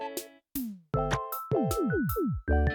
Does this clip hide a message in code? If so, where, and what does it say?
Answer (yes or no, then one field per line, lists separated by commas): no